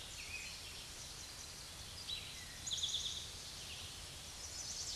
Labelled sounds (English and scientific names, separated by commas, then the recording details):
Eastern Towhee (Pipilo erythrophthalmus) song
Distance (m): 40 m
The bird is about 5 m above the microphone
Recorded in a Pennsylvania forest on 16 May 2024 at 06:07
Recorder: AudioMoth, point MSD-2376
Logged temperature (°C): 16.7 °C
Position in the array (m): 109 m, 6 m